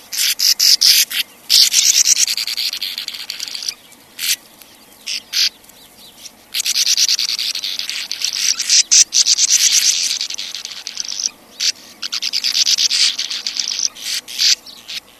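Sand martin calls: bursts of dry, buzzy twittering separated by quiet gaps, with single short rasps between the longer runs.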